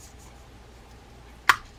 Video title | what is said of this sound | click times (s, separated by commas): Mitchell 408 vintage spin fishing reel how to service and repair | there we go you just heard that click | 1.5 s